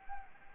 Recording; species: mosquito wingbeat signal from an infrared sensor; Anopheles arabiensis